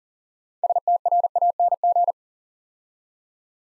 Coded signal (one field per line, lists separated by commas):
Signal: Morse code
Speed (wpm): 43 wpm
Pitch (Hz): 700 Hz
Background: none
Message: STRANG